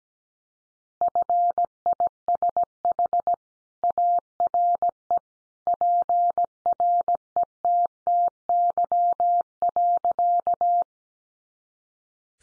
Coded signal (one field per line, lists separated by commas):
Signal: Morse code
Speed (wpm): 17 wpm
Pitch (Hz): 700 Hz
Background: none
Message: FISH ARE PRETTY.